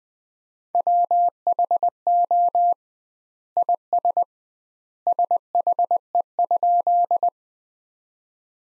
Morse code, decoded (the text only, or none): WHO IS SHE?